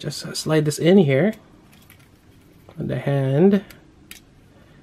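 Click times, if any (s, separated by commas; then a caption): 4.1 s. Someone talks while sliding a plastic blade part from the foot of a Frame Arms Girl Hresvelgr model kit onto the figure's hand peg and pushing it in. One sharp plastic snap is heard at 4.1 s as the blade locks in place on the hand.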